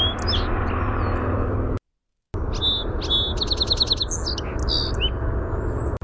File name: SOSP song